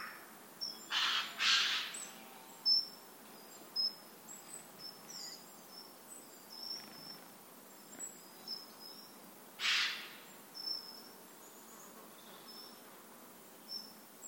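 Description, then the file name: Eurasian jay with a pair of hoarse screeches near the start and a single one later, amid a steady scatter of thin, high bird chirps. "Garrulus glandarius"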